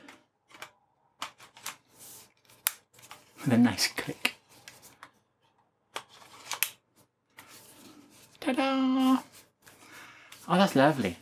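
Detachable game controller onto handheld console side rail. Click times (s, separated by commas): 2.7 s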